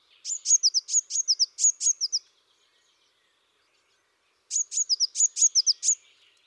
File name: Mesange bleue